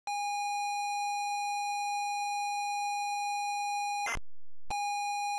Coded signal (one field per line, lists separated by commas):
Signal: ZX Spectrum tape loading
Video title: Green Beret Sinclair ZX Spectrum | Loading & Gameplay